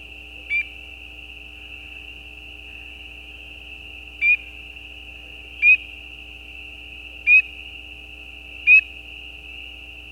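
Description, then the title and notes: Spring peeper mating calls, a few short rising peeps spaced a few seconds apart, over a steady high background drone. Peeper frogs giving mating calls, calls individual with gaps; recorded at the side of a gravel road at night. "Peepers peeping. Peeper frogs mating calls - the calls are more individual with gaps in the recording. Recorded at the side of a gravel road at night. Recorded by Anton Pickard. Part of the Music for Sleep project"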